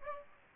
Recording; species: mosquito wingbeat signal from an infrared sensor; Aedes aegypti